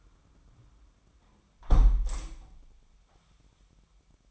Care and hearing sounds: daily activity, microphone in the room; close window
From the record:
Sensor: 1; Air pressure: 998.5 hPa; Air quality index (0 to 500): 126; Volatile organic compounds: 3 ppm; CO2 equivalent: 1514 ppm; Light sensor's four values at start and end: 8/20/8/10 and 8/19/8/9

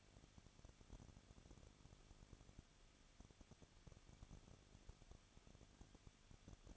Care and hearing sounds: daily activity, microphone in the room; no activity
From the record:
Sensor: 4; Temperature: 23.1 degrees Celsius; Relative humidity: 34.1%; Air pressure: 1007.2 hPa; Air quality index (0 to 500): 215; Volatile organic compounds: 15 ppm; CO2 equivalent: 2481 ppm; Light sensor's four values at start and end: 2/3/1/1 and 2/3/1/1

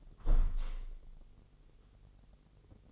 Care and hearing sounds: daily activity, microphone in the room; close window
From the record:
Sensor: 4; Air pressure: 996.5 hPa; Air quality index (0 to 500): 84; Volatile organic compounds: 4 ppm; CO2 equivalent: 1601 ppm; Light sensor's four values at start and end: 20/54/21/22 and 20/53/21/22

